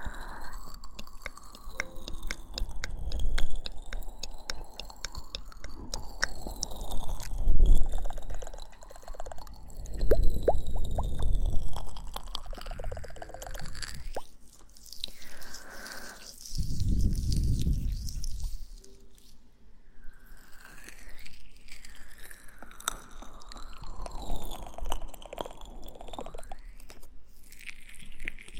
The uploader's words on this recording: ASMR kisses in the ear, comfortably picks out the ears.